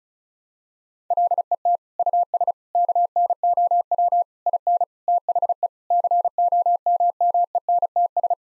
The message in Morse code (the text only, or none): LET US KNOW IN THE COMMENTS